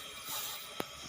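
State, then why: Seated. A manifold gauge's low-pressure hose quick coupler is pushed onto the low-pressure AC service port near the compressor of a Suzuki Karimun. Against a steady background hiss, a single sharp click sounds at 0.8 s as the coupler seats onto the port.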